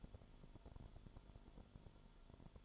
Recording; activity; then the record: daily activity, microphone in the room; light on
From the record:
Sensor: 5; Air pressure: 1008.0 hPa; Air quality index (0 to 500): 101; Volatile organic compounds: 1 ppm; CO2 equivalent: 789 ppm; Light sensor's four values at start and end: 36/84/34/35 and 36/85/35/35